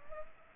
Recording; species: mosquito wingbeat signal from an infrared sensor; Culex pipiens